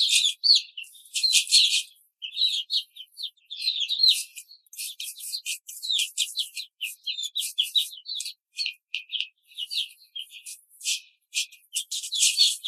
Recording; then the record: young laying hens in a cage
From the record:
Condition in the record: control cage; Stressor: none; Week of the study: 5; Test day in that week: 1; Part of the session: 4